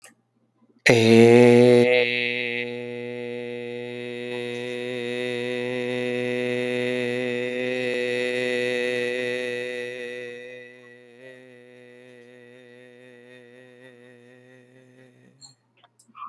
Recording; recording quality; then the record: sustained vowel as in made; excellent, no background noise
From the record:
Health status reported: COVID-19 positive, no symptoms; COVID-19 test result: positive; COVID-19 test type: RT-PCR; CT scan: not taken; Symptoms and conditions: cold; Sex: male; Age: 40 years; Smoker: no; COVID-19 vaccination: both doses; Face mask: not worn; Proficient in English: yes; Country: India